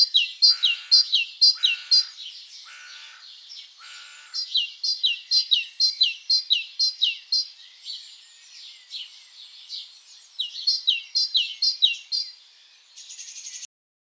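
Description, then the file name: Great tit calls: rapid series of short high chirping notes in quick runs, with a few harsher buzzy notes early on and brief pauses between bursts. "Parus major"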